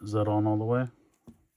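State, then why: Not seated. Someone talks while a swappable plastic hand is being pushed onto the wrist peg of a small action figure, followed by a faint, brief handling sound near the end. The hand has not seated or clicked onto the peg yet.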